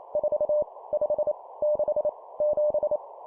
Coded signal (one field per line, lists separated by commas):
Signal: Morse code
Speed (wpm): 28 wpm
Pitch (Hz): 600 Hz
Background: none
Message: 4 5 6 7